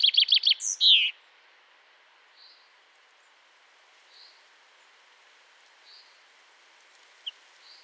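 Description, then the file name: Common chaffinch song tail with a few loud rapid notes and a terminal flourish, then faint soft notes spaced about every two seconds. "Fringilla coelebs"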